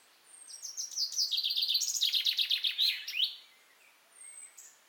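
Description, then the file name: Common chaffinch giving a cascading song of bright repeated notes that descends, ending with an emphatic flourish, then quiet high twitters. "Fringilla coelebs"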